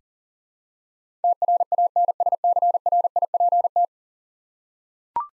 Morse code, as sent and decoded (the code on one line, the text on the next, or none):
- .-. .- -. ... -.-. .-. .. .--. -
TRANSCRIPT